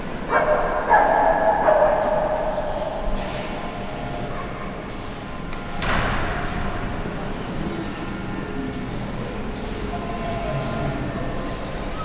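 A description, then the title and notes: Inside a cathedral, a steady, reverberant murmur of voices fills the space over a low rumble. A clearer, higher voice rises in the first two seconds, and a single knock or clatter echoes around the six-second mark. In St. Etienne cathedral.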